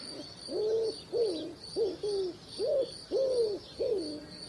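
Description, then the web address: Common wood pigeon cooing: low, soft hooted coos that arch slightly in pitch, given in an uneven series. "sons palombes"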